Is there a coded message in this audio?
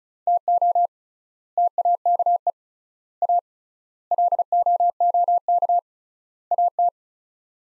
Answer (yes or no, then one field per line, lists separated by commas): yes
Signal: Morse code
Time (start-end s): 0.3-6.9 s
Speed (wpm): 36 wpm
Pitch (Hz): 700 Hz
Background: none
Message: TO TAKE A LOOK AT